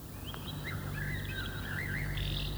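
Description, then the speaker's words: Common Blackbird song: mellow, fluty warbling phrases that slide up and down over a low steady hum. Playful purposeless rest song (Ruhegesang), sung at dusk when the bird is well fed, preening and sitting fluffed up on a branch in the setting sun; most beautiful to human ears. "Einen solchen Gesang kann man am häufigsten von der Amsel hören, und zwar in der Abenddämmerung."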